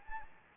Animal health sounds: mosquito wingbeat signal from an infrared sensor; Anopheles gambiae

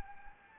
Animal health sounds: mosquito wingbeat signal from an infrared sensor; Anopheles gambiae

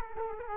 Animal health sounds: mosquito wingbeat signal from an infrared sensor; Culex quinquefasciatus

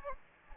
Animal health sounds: mosquito wingbeat signal from an infrared sensor; Anopheles gambiae

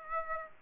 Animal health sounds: mosquito wingbeat signal from an infrared sensor; Aedes aegypti

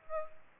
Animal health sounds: mosquito wingbeat signal from an infrared sensor; Aedes aegypti

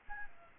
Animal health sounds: mosquito wingbeat signal from an infrared sensor; Aedes albopictus

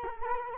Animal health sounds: mosquito wingbeat signal from an infrared sensor; Culex quinquefasciatus

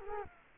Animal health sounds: mosquito wingbeat signal from an infrared sensor; Culex quinquefasciatus

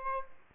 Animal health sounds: mosquito wingbeat signal from an infrared sensor; Aedes aegypti

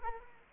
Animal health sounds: mosquito wingbeat signal from an infrared sensor; Culex quinquefasciatus

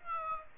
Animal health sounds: mosquito wingbeat signal from an infrared sensor; Aedes aegypti

